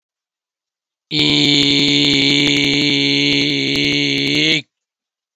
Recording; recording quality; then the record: sustained vowel as in beet; moderate, slight background noise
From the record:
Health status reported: COVID-19 positive, mild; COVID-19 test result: positive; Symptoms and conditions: cough, breathing difficulty, loss of smell and taste, chronic lung disease, pneumonia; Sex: male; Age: 48 years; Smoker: not ticked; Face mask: not worn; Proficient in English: yes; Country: India